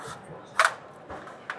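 A preassembled 15° east-west solar mounting rail piece is moved by hand into place on a flat-roof mounting base, with no tools. Two sharp clicks sound at 0.6 s and 1.5 s, with a softer scrape around 1.1 s, and the rail is locked in.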